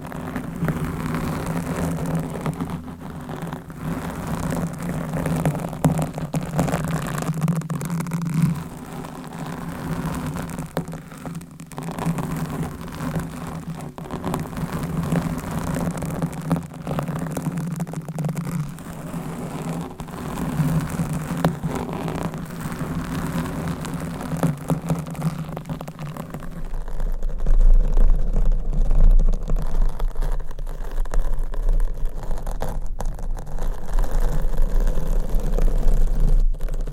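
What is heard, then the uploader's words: Scratching on microphones makes a dense, steady rasping texture, thick in the low-middle range with a few brief sharper scrapes. After about 27 seconds it shifts to a louder, deeper rumbling rub that is darker and heavier, with occasional dropouts. ASMR Mic Scratching - Brain Scratching with 5 Mics and DIY Nails for 100% SLEEP ASMR No Talking.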